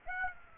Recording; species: mosquito wingbeat signal from an infrared sensor; Aedes aegypti